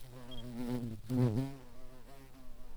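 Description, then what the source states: Garden bumblebee buzzing: a low, rich droning hum with a wavering pitch that swells louder midway, then settles back to a steady buzz. Queen garden bumblebee.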